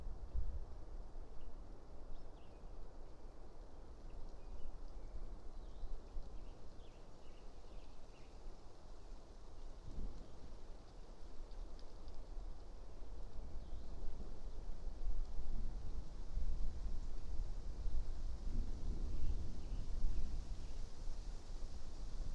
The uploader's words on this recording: Passing Thunderstorm East Of Bear Mountain. A late spring afternoon in a small stand of Quaking Aspen growing beneath tall Ponderosa Pines beside a seasonally flooded meadow located east of Bear Mountain in Shasta-Trinity National Forest, Siskiyou County, California. A microphone is placed on either side of the trunk of a tree, in this case a Quaking Aspen.